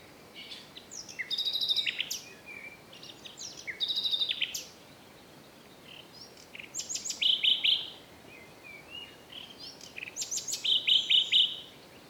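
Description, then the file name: Common nightingale singing separate phrases of rapid clicking, repeated notes, each lasting a second or two, with short pauses between them. "Luscinia megarhynchos"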